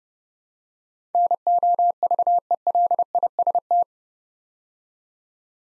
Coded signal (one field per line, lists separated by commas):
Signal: Morse code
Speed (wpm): 29 wpm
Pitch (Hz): 700 Hz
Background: none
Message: NOVELIST